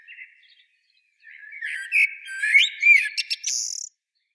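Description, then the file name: Eurasian blackbird song: one brief phrase, a low fluted warble sliding into a squeaky high twitter, ending abruptly after about two and a half seconds. "Turdus merula"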